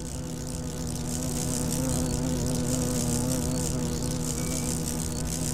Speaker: And it's the drone of the cockchafer